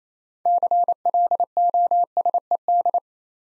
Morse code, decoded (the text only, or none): CLOSED